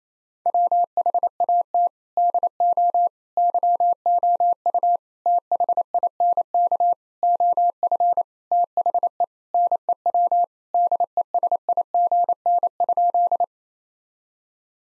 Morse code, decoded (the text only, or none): WHAT DO YOU THINK OF THE NEW DESIGN?